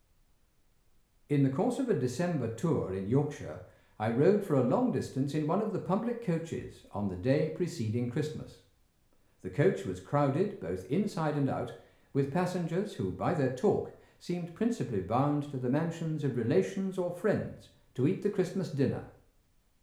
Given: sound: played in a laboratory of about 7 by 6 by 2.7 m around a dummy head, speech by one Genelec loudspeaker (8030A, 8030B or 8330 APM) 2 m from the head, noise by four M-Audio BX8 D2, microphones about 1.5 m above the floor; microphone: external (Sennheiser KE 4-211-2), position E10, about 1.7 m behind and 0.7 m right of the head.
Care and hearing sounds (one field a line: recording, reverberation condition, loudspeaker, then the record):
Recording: male speech in English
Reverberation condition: medium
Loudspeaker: behind (180 degrees)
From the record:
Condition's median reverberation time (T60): about 510 ms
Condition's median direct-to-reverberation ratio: about -0.5 dB